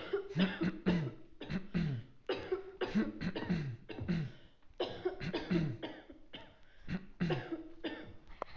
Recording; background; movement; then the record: throat clearing; a bystander coughing; sitting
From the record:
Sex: male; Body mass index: 20.5 kg/m2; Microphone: on the chest, facing outward